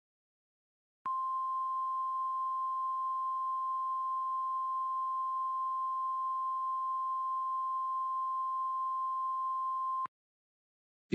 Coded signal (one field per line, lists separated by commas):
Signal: Emergency Alert System (SAME) tones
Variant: 1050 Hz attention tone